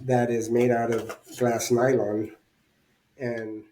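A handle is being slid into one of the slots of a glass-nylon, home-use fitness training bell while someone talks, with a pause of near silence before the talking resumes. The handle has not locked into the slot yet, and nothing has seated or clicked by the end of the clip.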